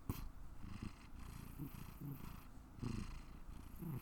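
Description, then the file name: Cat giving a low rumbling purr, with short voiced tones woven into the rhythmic breathing. "purr 03"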